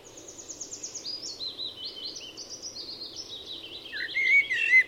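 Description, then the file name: Eurasian blackbird giving a loud warbled phrase toward the end, over a busy background of high, stepped twittering notes. "Turdus merula"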